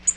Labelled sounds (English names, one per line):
Tennessee Warbler flight call